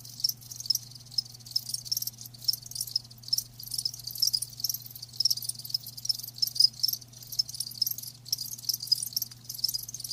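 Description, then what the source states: Crickets giving a dense, continuous high chirping with irregular bursts throughout, a soft low hum beneath. Live crickets chirping, presented as a lulling sound to help fall asleep and stay asleep.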